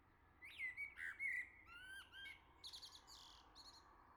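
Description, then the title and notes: Common blackbird singing a smooth, slurred flutey phrase that breaks into dry high twittering notes. "Le Merle salue l'été, 3 Gd Rue de Chassagne, 17220 La Jarrie, France. Quel Sol!!!! pour saluer l'arrivée de l'été ce matin! Merci Jolie Merle de tes vocalises à proximité!"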